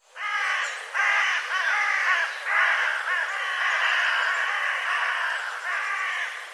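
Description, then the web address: Bird giving harsh, repeated cawing calls in a continuous run of rough, nasal notes. "cianscape birddata"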